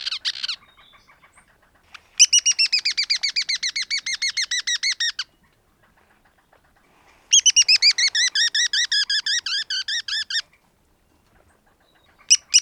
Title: Black-crested Tit-Tyrant (Anairetes nigrocristatus)